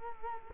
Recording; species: mosquito wingbeat signal from an infrared sensor; Culex quinquefasciatus